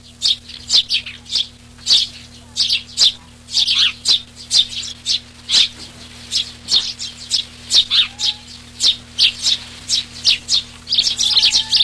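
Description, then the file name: Eurasian tree sparrow giving a long run of harsh chirps, roughly two each second, irregularly spaced, over a faint low hum. "Pasmontanus"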